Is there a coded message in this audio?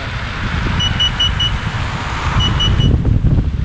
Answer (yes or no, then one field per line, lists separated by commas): no